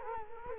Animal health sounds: mosquito wingbeat signal from an infrared sensor; Culex quinquefasciatus

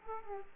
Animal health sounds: mosquito wingbeat signal from an infrared sensor; Aedes aegypti

